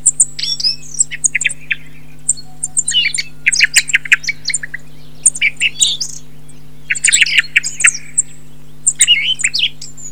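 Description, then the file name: Thrush giving clustered chirps and buzzy notes in repeated bursts, over high thin ticks and a constant low hum. "TORDO"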